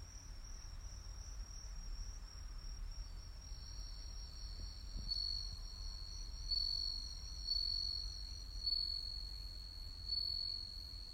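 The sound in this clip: Cricket chirping, a high steady trill and pulsing bursts, over low background rumble.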